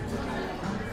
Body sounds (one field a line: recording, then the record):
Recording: background sound without coughing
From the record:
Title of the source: 60 minutes of coffee shop sounds for study and concentration